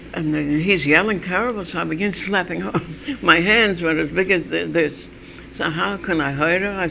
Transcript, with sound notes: And he's yelling terrible so I begin slapping her. (She laughs) My hand were as big as this, so how can I hurt her.